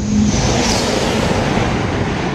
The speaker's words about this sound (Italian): però guardando più avanti, pensando per esempio al Maglev, io ho preso quello che da Shanghai porta all'aeroporto di Pudong. Il Maglev è quel treno che corre su un cuscinetto magnetico. E tra l'altro mi pare il caso di farvelo sentire un attimo.